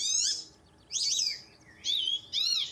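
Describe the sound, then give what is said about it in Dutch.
A marsh warbler in a garden in Ten Boer, Groningen, Netherlands, mimics the alarm calls of a lapwing: four loud, high, slurred call bursts with short pauses between them, over a faint low background hum. “Alarmerende kieviet. En dan gaat hij weer verder als spotvogel.”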